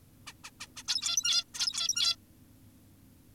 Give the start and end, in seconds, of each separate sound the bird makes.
0.27-0.34, 0.44-0.50, 0.60-0.67, 0.77-0.83, 0.88-1.44, 1.54-2.16